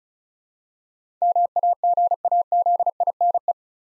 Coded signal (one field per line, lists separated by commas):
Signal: Morse code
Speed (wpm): 36 wpm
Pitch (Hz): 700 Hz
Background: none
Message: MAGAZINE